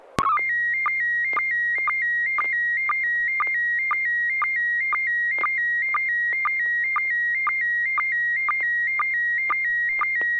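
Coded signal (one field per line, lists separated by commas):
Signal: SSTV (slow-scan television)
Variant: PD 120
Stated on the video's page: SSTV net on an FM repeater at 441.300 MHz, images sent with MMSSTV.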